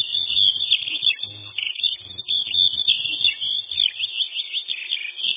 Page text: Полевой жаворонок (Alauda arvensis LINNAEUS, 1758)